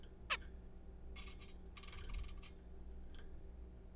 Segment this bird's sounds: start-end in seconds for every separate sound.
0.30-0.37